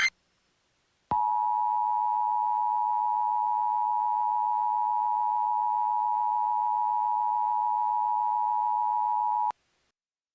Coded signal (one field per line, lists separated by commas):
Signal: Emergency Alert System (SAME) tones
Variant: 853 and 960 Hz attention tone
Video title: EAS Scenario - The Undead Prevailation